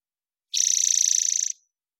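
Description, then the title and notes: Spotted towhee song, one harsh, rapidly pulsed buzzy trill held for about one second on an even pitch, clean background. Recorded in the Pacific Northwest, Washington, United States, with a parabolic microphone; clean-processed for clarity with natural pace and rhythm kept. "BIRDSong New World Sparrows - Spotted Towhee Song. Spotted Towhee, Pipilo maculatus, parabolic recording. Recorded in the beautiful Pacific Northwest, Washington, United States"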